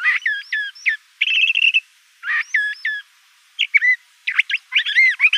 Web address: Sound Library Mimids AZFO LCTH deviche 011004